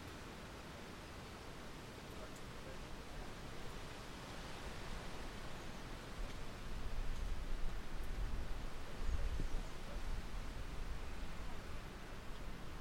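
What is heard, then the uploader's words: Wind rustles steadily through the trees, a dense, even hiss that fills the whole range from low rumble to bright top. Around the seventh second the gusts swell and the low roar grows heavier, staying stronger to the end, with faint brief knocks scattered throughout. Wind in the Orchard. It's the evening and we’ve come out to sit on the bench in the Orchard.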